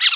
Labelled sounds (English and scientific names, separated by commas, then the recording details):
Brown-throated Parakeet (Eupsittula pertinax) contact call
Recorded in Bonaire
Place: just S of turnoff to Cai, near Lac Bay
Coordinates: 12.126, -68.239